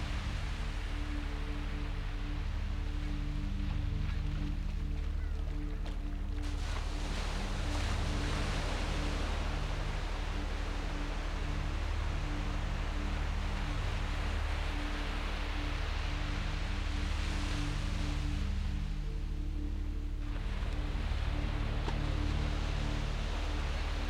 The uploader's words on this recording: Mexican Beach Sleep. This episode is a simple 60-minute relaxation of a Mexican beach sunset with a subtle undertone of bedtime brainwaves.